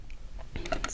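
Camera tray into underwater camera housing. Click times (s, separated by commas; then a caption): 0.8 s. A rocking camera tray slides back into a Nauticam underwater housing for the Olympus OM-D E-M1 Mark II, with a series of short, light clicks and taps that grow louder. The tray locks in place with the loudest, sharpest click at 0.8 s, securing the camera inside the housing.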